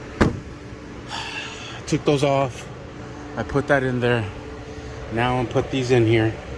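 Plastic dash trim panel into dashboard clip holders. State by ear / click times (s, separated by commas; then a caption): not seated / none. Someone talks while handling the plastic dash trim bezel around a new Android radio in a 2015 Dodge Journey, bringing it to the dashboard clip holders. The trim panel has not seated or clicked into place yet.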